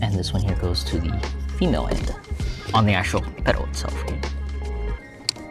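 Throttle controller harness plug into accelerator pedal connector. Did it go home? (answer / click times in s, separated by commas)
yes / 5.3 s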